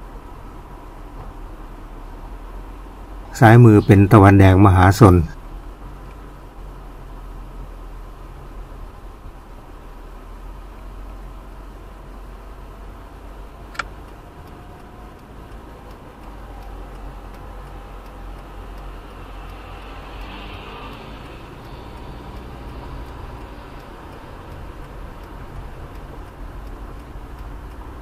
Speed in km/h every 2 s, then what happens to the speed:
34, 32, 29, 23, 21, 20, 21, 23, 23, 23, 22, 26, 26, 26.
0-9 slows to 20. 9-28 steady at about 23.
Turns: none.